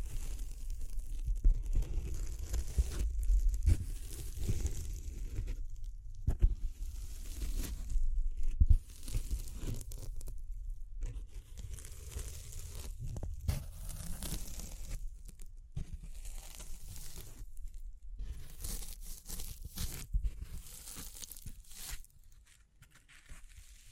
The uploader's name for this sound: Tapping, Scratching, Brushing, Crinkles